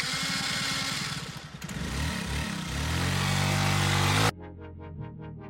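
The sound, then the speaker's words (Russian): The rough, sputtering engine of an old Chevrolet car runs loudly with an uneven, pulsing rumble, revving slightly, then cuts to a quieter rhythmic chugging with regular bursts near the end. “Но не когда у тебя «Шевроле», который еле-еле пердящим паром едет.”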